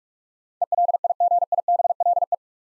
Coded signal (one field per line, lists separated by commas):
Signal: Morse code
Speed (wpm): 45 wpm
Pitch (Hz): 700 Hz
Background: none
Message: ELIGIBLE